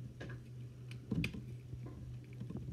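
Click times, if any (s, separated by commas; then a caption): 1.2 s. A plastic tab on a Transformers X-Men Crossovers Ultimate X-Spanse transforming action figure is pushed into a slot and locks in place with a sharp tick at 1.2 s. Faint handling ticks come before and after, over a steady low hum. The tab is seated.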